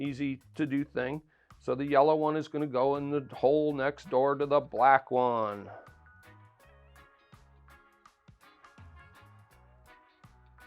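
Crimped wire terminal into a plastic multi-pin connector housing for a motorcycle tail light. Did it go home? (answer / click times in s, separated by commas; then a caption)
no / none. Someone talks while handling the crimped terminal of a yellow tail-light wire for a motorcycle, lining it up with the cavity next to the black wire in a plastic multi-pin connector housing. After the talking stops, only faint handling taps and rustles are heard. Nothing has seated or clicked yet.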